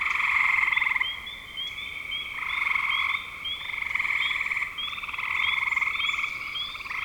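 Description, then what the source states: Frogs calling in a dense chorus, overlapping trilled croaks in long bursts around one second each, with short chirps above and brief dips between bursts. Spring 2025.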